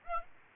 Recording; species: mosquito wingbeat signal from an infrared sensor; Aedes aegypti